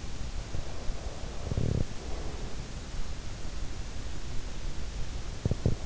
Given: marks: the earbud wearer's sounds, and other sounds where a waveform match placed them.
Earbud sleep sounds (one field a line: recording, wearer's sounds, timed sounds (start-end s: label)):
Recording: sounds in sleep by an in-ear microphone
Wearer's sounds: breath, teeth grinding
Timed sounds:
0.20-2.48 s: breath
1.38-1.83 s: teeth grinding
5.17-5.86 s: teeth grinding